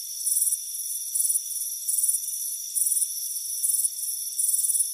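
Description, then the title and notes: Shrill cricket trills arrive in bursts roughly once a second, with a faint continuous high insect drone between them. "Soothing Crickets Chirping Sound. It's a warm afternoon as you relax in a hammock on the front porch. Relax and fall asleep to the soothing sound of chirping crickets. Deep Sleep Sounds"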